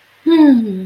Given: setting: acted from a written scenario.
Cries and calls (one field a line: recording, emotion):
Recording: vocal sound without words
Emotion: contentment